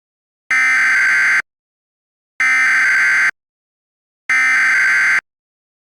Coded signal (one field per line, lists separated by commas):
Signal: Emergency Alert System (SAME) tones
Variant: header bursts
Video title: EAS Scenario 5: Karen's Brainrot Infefction